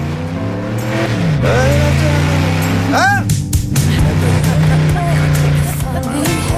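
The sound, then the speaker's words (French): A loud, sustained roar of a racing car engine during the 24 Hours of Le Mans race at the Le Mans circuit, with steady droning harmonics, briefly swelling with a rising whine midway as it rushes by, muffled voices mixed underneath. “J'ai pas entendu à cause de la voiture.”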